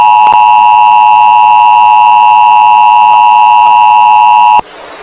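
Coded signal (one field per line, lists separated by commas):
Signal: Emergency Alert System (SAME) tones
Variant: 853 and 960 Hz attention tone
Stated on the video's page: Fictional fake nuclear attack EAS alert in a cartoon story, with several alerts overlapping, followed by an administrative message; not a real broadcast.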